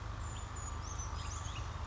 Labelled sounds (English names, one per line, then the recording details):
Brown Creeper
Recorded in Sonoma County, California